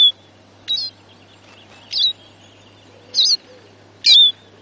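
Eurasian siskin calls, five separate short twanging chirps roughly one second apart, each high and slightly wavering, over a soft low hum.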